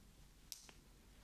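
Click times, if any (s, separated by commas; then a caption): 0.5 s. A Lamy Studio LX fountain pen's cap is pushed closed onto the pen's front section and snaps home with a sharp click at 0.5 s, followed by a fainter tick at 0.7 s. The cap is seated and holds firmly.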